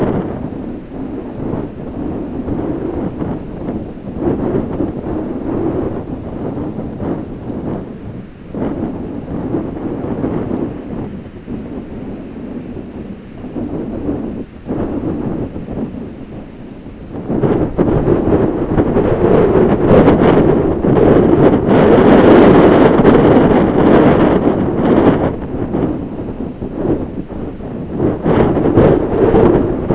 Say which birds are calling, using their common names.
none